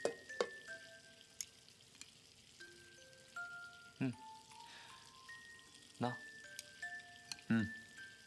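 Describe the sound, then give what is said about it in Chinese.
Chicken wings sizzle and crackle steadily in a pan, with a few sharp clattering bursts of cooking utensils, while a simple stepping melody plays softly in the background. “熟了，下次加糖和血沫不要太多，不好刷锅。”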